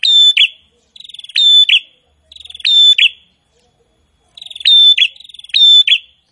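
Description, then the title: Prinia song: a handful of loud, fast trilled phrases with piercing end notes, separated by brief pauses. Prinia song described as gacor (vigorous, nonstop singing). "Prenjak gacor"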